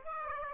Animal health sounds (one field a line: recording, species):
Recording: mosquito wingbeat signal from an infrared sensor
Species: Aedes aegypti